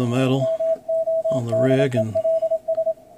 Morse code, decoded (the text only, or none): MODELS